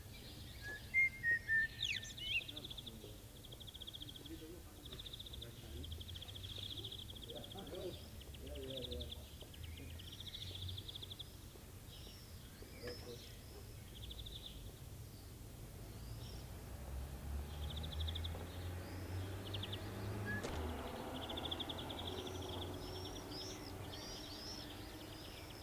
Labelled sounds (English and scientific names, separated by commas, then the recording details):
Common Blackbird (Turdus merula) song
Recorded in the wild
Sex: male
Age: adult
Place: Bielefeld-Mitte, Nordrhein-Westfalen, DE
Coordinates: 52.0108, 8.55083
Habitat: residential district
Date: 1969-07-14
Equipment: Uher 4000 Report-S, Bändchenmikro Beyer M 260, Parabolspiegel Polyester (470 mm)
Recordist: Conrads, Klaus
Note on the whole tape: Bielefeld, Ehlentruper Weg. Männchen: Gesang, sehr gute Menschenpfiff-Imitation